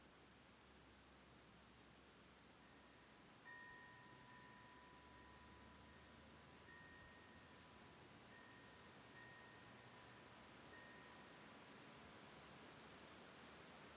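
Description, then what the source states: Cricket trilling steadily with repeated faint high chirps, while a wind bell tone rings through the middle. Autumn night at a lakeside home on Cayuga Lake in Ithaca, New York, recorded October 10, 2020; a tolling Cosanti windbell also heard.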